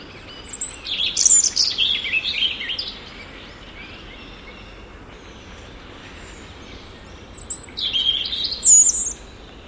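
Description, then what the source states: European robin song: a high, tinkling, trilled phrase, a long pause, then a second sweet, wavering phrase ending on sharp high notes. Played at a listener's request.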